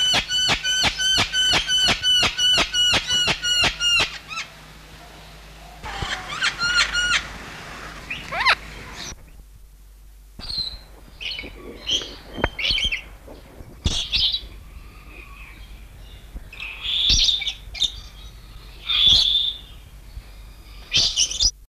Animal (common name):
Blue-streaked Lory